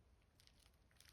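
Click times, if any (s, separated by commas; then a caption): none. Fingers press the small white locking clip of a flat ribbon-cable connector on the infotainment display board of an ND Miata during a screen replacement, pushing one side first. Quiet crackly handling noise fills the clip, with a brief sharp sound at 1.1 s right as it ends. The connector is being handled, and nothing has seated or clicked yet.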